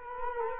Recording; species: mosquito wingbeat signal from an infrared sensor; Culex quinquefasciatus